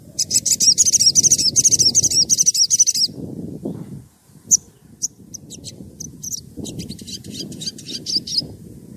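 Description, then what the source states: Oriental magpie-robin song: a three-second run of fast, shrill, warbling repeated notes, then sparse sharp high notes and a short burst, over a low background rumble. Gacor (actively singing) bird; recording used as a lure to provoke other magpie-robins into answering.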